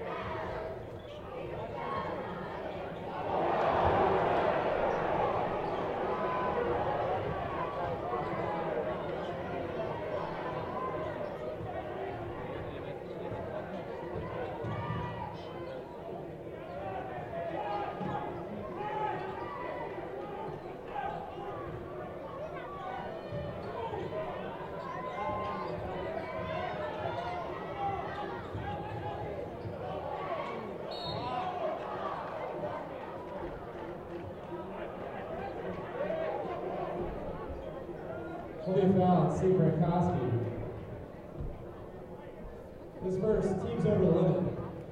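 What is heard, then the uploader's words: A basketball game heard from the stands, filled with a dense, steady wash of crowd voices and chatter throughout. The noise swells around four seconds, and short louder bursts of cheering break through near 39 and 44 seconds, with faint ball bounces underneath. A stereo recording of a basketball game, about 7 minutes.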